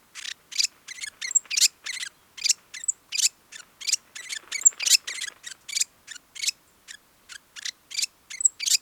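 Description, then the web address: New Zealand fantail song: an irregular stream of thin, scratchy squeaks and chips, with a few clearer whistled notes scattered through, in a quiet background. "cantos abanicomaori"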